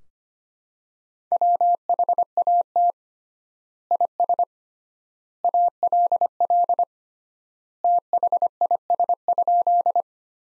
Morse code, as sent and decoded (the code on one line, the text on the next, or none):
.-- .... .- - / .. ... / .- .-.. .-.. / - .... .. ... ..--..
WHAT IS ALL THIS?